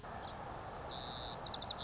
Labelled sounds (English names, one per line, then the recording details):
White-crowned Sparrow
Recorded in Sonoma County, California